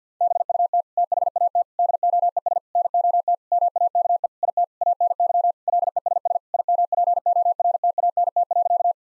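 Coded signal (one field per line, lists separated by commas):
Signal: Morse code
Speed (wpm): 50 wpm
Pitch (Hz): 700 Hz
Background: none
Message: BUT THAT DOES NOT MAKE IT ANY LESS IMPORTANT.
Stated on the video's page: Morse practice at 50 wpm: sentences of common seven-word phrases for head-copy drill.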